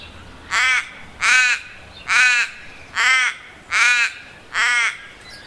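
Crow cawing six times at a steady pace, harsh, nasal caws evenly spaced under a second apart.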